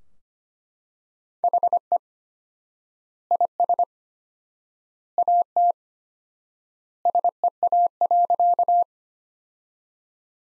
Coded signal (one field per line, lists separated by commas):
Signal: Morse code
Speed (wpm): 25 wpm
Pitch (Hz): 700 Hz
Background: none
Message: HE IS AT SEA.